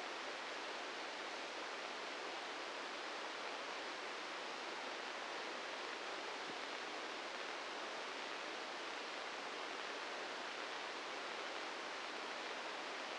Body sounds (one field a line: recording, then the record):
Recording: brain microelectrode recording played as sound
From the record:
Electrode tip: inside the subthalamic nucleus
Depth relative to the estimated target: 1 mm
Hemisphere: right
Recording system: NeuroSet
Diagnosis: Parkinson's disease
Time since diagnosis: 13 years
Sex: male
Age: 66 years